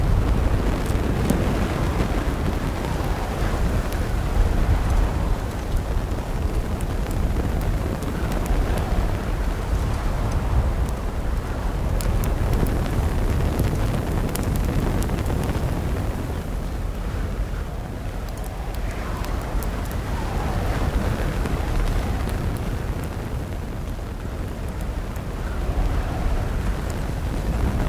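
A campfire crackles steadily under a constant low rumble of wind, with thin snaps scattered throughout and brief gusts swelling and easing.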